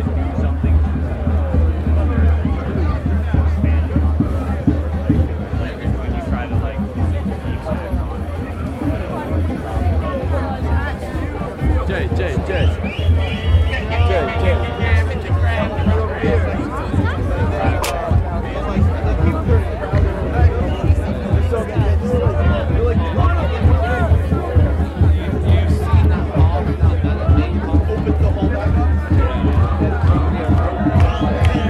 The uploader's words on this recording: Stonehenge Solstice 2023 - a Neolithic Soundscape. This summer solstice I headed to Stonehenge to capture the mood of the place.